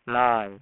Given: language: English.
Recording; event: throat vibration sensor signal played as sound; speech